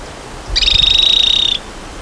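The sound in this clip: Bird giving one high, rapid buzzy trill lasting about a second, evenly pulsed and steady in pitch, over a faint low rumble.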